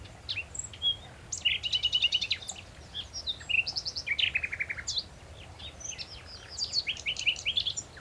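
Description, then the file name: Common nightingale song of rapid rattling trills, quick note runs and scattered high chirps, delivered continuously over quiet low background noise. "Luscinia megarhynchos"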